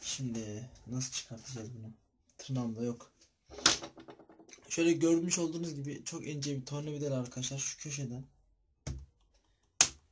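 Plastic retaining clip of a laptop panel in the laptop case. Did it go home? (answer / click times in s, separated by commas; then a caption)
released / 9.8 s. Someone talks while a very thin screwdriver pries a plastic laptop panel at one corner of the laptop case. At 9.8 s a sharp click is heard as the panel's plastic retaining clip pops free and releases.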